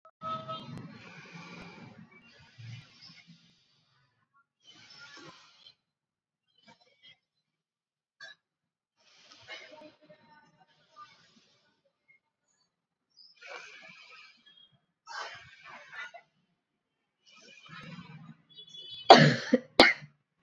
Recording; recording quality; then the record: shallow breathing; excellent, no background noise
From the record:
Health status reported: COVID-19 positive, mild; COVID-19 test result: positive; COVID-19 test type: RT-PCR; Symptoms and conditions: cough, cold, fever, fatigue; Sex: female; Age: 33 years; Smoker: no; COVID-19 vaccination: both doses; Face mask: not worn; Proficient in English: yes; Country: India